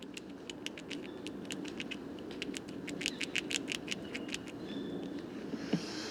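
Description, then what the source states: Eurasian red squirrel gnawing, sharp dry clicks in irregular runs, with a faint thin high tone near the end. Bois de Vincennes, 23 November 2018, foggy, 5°C; gorging on seeds of many fruiting conifers before winter rest.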